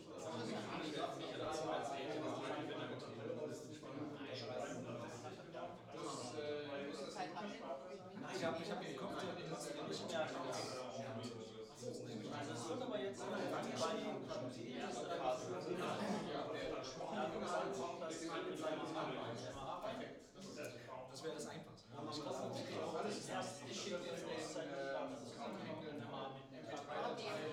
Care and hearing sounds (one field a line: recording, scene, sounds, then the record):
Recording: everyday scene through a hearing-aid microphone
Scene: many people talking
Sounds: many voices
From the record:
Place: bistro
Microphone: in the ear canal, left